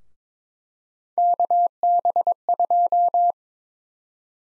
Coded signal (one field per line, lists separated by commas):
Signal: Morse code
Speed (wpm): 22 wpm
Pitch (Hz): 700 Hz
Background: none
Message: KB2